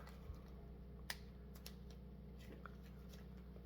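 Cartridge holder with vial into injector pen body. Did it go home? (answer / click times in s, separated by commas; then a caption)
yes / 1.1 s. A loaded vial holder is pushed into the body of a 3 ml injector pen, producing one sharp, bright snap at 1.1 s, which seats the pen so it is ready to go. A few softer clicks follow over a steady low hum.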